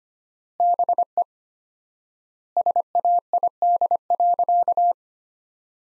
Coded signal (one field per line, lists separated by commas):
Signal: Morse code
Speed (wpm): 25 wpm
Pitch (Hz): 700 Hz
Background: none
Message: BE SAID.